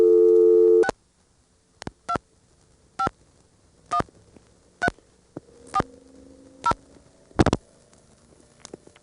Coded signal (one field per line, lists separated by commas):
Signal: DTMF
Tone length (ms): 70 ms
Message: 6 2 5 1 3 4 0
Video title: ITT Pentaconta Crossbar Switch in Asheboro NC 1st pgm, March 1977